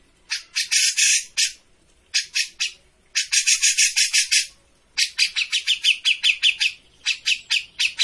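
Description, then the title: Grey-cheeked bulbul giving harsh, scratchy chattering bursts in quick runs, with short pauses between groups of rasping notes. Made as a master (masteran) for training cage birds; bird in lively vocal form (gacor). "Cucak Jenggot Gacor. Masteran burung cucak jenggot ! Suaka burung"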